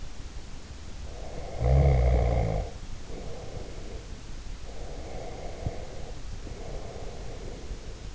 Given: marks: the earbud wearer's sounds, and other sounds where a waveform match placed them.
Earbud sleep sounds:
sounds in sleep by an in-ear microphone; snoring breath, breath
1.03-4.12 s: snoring breath
4.64-8.15 s: breath

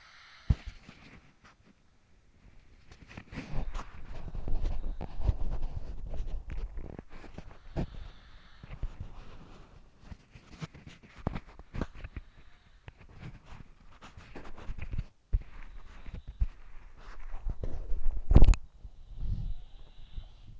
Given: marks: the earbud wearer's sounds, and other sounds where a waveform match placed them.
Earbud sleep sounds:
sounds in sleep by an in-ear microphone; body movement
0.00-20.60 s: body movement

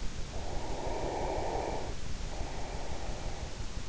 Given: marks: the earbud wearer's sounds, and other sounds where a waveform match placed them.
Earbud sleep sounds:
sounds in sleep by an in-ear microphone; breath
0.32-3.65 s: breath

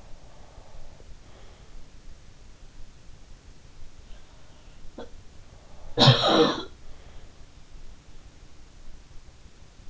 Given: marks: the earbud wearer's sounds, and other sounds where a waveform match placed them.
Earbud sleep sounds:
sounds in sleep by an in-ear microphone; breath
0.00-1.95 s: breath
4.90-5.15 s: sound from someone else or the room
5.96-6.72 s: sound from someone else or the room

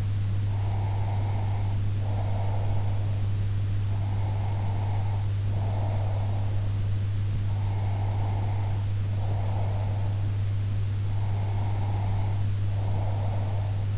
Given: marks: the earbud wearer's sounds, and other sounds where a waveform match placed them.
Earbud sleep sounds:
sounds in sleep by an in-ear microphone; breath
0.53-3.13 s: breath
3.87-6.79 s: breath
7.36-10.33 s: breath
11.02-13.90 s: breath

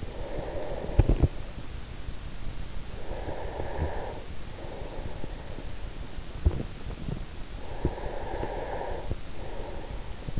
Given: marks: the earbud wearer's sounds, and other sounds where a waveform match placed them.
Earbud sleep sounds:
sounds in sleep by an in-ear microphone; breath
0.00-1.06 s: breath
2.71-5.67 s: breath
7.59-10.40 s: breath

